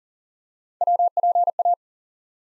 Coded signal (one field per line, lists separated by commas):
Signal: Morse code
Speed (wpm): 39 wpm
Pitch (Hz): 700 Hz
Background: none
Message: WPA